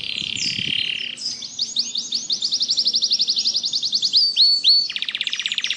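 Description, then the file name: Canary song opening with a buzzy trill, then a long series of quick rising-falling notes, a few emphatic slurs and a fast closing roll. Canary singing continuously in the song style called ngebren. "Suara Kenari Ngebren"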